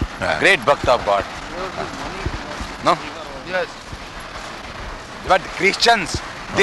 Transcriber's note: some other men talking in background